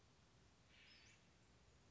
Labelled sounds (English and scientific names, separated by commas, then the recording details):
Western Flycatcher (Empidonax difficilis)
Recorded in Sonoma County, California